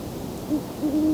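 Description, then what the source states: Great Horned Owl giving brief, deep hoots that run into a longer low note. Two owls present; recorded in person in October around dusk.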